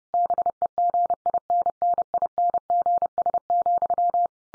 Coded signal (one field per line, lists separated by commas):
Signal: Morse code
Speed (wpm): 30 wpm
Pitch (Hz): 700 Hz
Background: none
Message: BEGINNINGS,